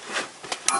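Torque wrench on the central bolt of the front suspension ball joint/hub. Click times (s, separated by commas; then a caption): 0.7 s. A torque wrench set to 200 Nm tightens the central bolt of the front suspension ball joint/hub on a 1996–2007 Toyota Corolla during ball joint replacement. Soft broadband strain noise builds around 0.2 s and a smaller tap comes at 0.5 s. A sharp snap at 0.7 s marks the wrench clicking at its setting, confirming 200 Nm has been reached.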